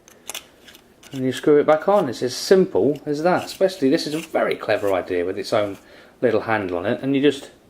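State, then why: Not seated. The fold-down handle on the battery cap of an Innikin CoolFire IV TC 18650 vape mod is handled after the cap is screwed back on. A few faint short ticks come in the first second, then someone talks. Nothing has seated or clicked yet; the handle has not been folded down flush.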